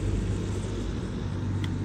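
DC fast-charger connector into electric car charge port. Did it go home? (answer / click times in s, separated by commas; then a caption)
no / none. A DC fast-charger connector handle is pushed into an electric car's charge port over a steady low rumble of vehicle noise. Its latch is completely broken and does not catch, so the handle is swapped for another one. Nothing has seated or clicked yet.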